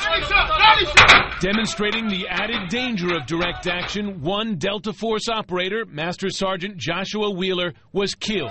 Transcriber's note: shouting